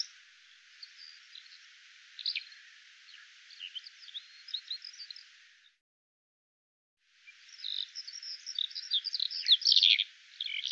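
Bird calls as faint scattered high chirps, then a livelier run of sharper twittering notes after a silence of about a second and a half.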